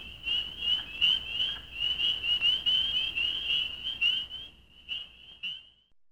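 Spring peepers calling in a dense chorus, high rising peeps overlapping continuously, the chorus thinning and fading toward the end.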